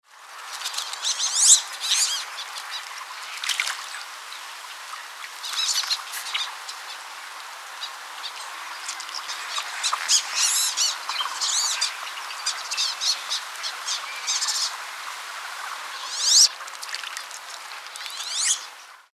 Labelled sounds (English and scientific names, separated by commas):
Wood Duck (Aix sponsa)